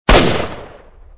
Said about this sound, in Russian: Грохнул выстрел. Эхом пролетел по агропрому, приглушенный вырвался наружу. Тихо, но отчетливо разнесся по ближайшим окрестностям. Пуля ушла в потолок, скользнула в сторону рикошетом.